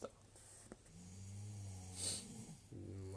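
Loud snoring from an adult sleeper in the background.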